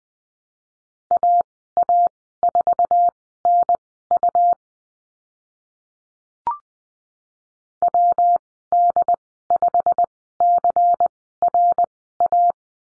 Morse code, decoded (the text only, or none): AA4NU WD5CRA